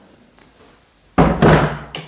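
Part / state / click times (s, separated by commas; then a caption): plastic tray or insert clipping into modular toolbox / seated / 1.2 s. While loading items back into a plastic modular toolbox, a plastic tray or insert is pushed home and clips into place with a sharp, loud click at 1.2 seconds. A broad, heavy clatter follows around 1.4 seconds, then a smaller knock at 1.9 seconds as it settles, and the insert is seated.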